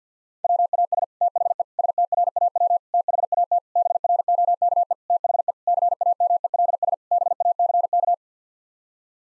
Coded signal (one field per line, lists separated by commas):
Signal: Morse code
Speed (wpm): 50 wpm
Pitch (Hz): 700 Hz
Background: none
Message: WAS THE STRAW THAT BROKE THE CAMELS BACK